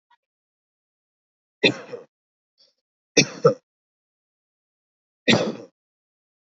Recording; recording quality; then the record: heavy voluntary cough; excellent, no background noise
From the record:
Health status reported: healthy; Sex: male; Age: 33 years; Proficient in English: yes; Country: India